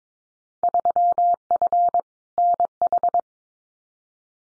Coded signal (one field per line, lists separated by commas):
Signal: Morse code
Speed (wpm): 22 wpm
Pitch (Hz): 700 Hz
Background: none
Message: 3F NH